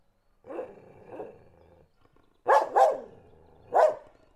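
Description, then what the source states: Dog barks: two soft, muffled barks, then a loud double bark and a final single bark. Dog barking in Listvyanka.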